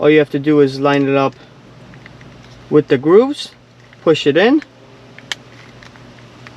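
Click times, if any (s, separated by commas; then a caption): 5.3 s. A shifter knob is lined up with the grooves and pushed onto the shift lever of a Toyota RAV4 while someone talks. One sharp click is heard at 5.3 s, and the knob is seated, locked onto the lever by its tab.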